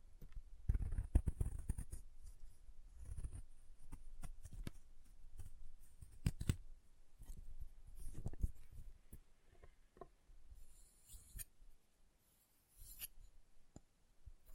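Chalk being carved and cut, heard as irregular scraping strokes and sharp little clicks scattered through the clip. Short bursts cluster around the first nine seconds with soft low thumps, then activity thins, with a near-silent pause around twelve seconds before a few final scrapes.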